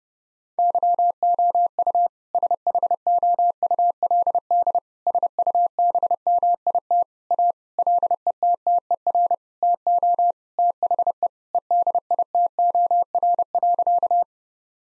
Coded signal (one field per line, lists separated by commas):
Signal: Morse code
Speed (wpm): 30 wpm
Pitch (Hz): 700 Hz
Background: none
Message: YOU SHOULD SUBMIT A LETTER TO THE EDITOR.